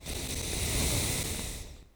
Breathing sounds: one breath near a microphone; exhalation

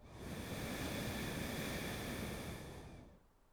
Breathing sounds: one breath near a microphone; exhalation

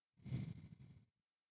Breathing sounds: one breath near a microphone; exhalation

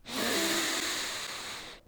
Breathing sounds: one breath near a microphone; inhalation

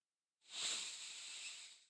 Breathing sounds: one breath near a microphone; inhalation

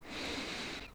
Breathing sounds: one breath near a microphone; inhalation

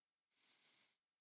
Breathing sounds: one breath near a microphone; inhalation

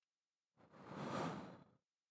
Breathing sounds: one breath near a microphone; exhalation

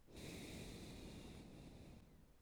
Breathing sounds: one breath near a microphone; exhalation

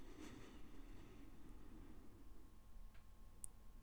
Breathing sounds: one breath near a microphone; inhalation

